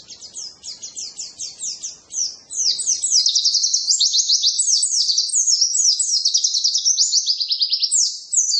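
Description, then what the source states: White-eye song: a long, continuous run of shrill, quick slurred notes, each sweeping down, repeated several times a second and growing stronger midway. Tutor recording (masteran) of a pleci (white-eye), used so that a pleci quickly opens its beak and starts singing.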